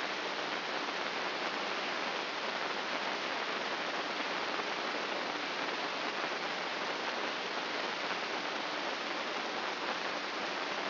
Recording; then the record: brain microelectrode recording played as sound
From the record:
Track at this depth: outside the subthalamic nucleus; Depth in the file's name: 7.228 mm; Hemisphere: left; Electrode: 3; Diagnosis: Parkinson's disease